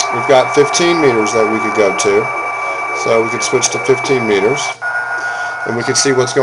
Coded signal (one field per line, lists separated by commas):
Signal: PSK31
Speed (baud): 31.25 baud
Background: speech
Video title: PSK31 (Binary) demo using Ham Radio Deluxe DM780 software